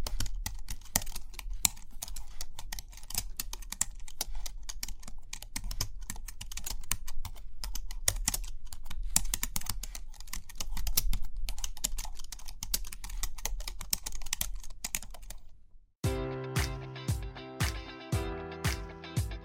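Rapid, dense tapping runs for about sixteen seconds, quick irregular clicks like keys being struck over a low, steady rumble. After a brief silence, slower, sharper taps with a slight ring repeat evenly, about twice a second, until the end.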